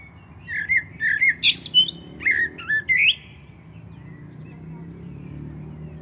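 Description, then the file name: Common blackbird singing a phrase of fluty whistles and a few high squeaks, followed by a quiet spell. "Turdus merula"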